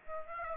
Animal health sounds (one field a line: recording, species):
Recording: mosquito wingbeat signal from an infrared sensor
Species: Aedes aegypti